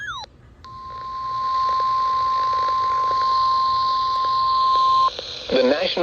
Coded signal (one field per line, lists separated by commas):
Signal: Emergency Alert System (SAME) tones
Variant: 1050 Hz attention tone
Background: speech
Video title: (EAS #762) Severe Thunderstorm Warning KJY85 6/16/25